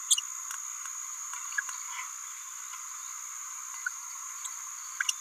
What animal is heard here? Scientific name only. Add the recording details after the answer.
Forpus passerinus. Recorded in a nest box in Venezuela. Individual 18B17A3